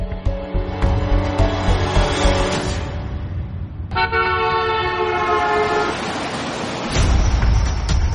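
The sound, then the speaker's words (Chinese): Busy rush-hour traffic at an intersection where three lanes are backed up in long queues, with a steady low rumble of engines, broken by several car horns: short toots early on, then a long sustained blare in the middle and more honks near the end. “正值下班堵车的时间，十字路口处三条车道都排了长长的队伍。”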